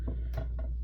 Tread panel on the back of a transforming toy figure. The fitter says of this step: Make sure the treads they click right into place.